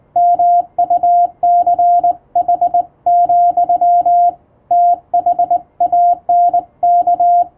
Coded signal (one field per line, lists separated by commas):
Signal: Morse code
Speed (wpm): 20 wpm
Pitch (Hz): 700 Hz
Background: none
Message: MUCH, THANK